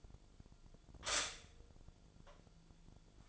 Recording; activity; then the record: daily activity, microphone in the room; stop toaster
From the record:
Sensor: 5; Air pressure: 1009.4 hPa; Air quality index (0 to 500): 170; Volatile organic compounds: 4 ppm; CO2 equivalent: 1649 ppm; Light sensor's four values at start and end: 89/236/96/101 and 89/236/96/101